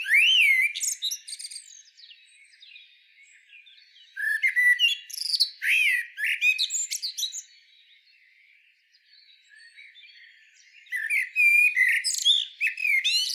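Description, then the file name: Common blackbird delivering three song phrases with silences between, each a mellow whistled warble mixed with high, thin squeaking notes. "Turdus merula"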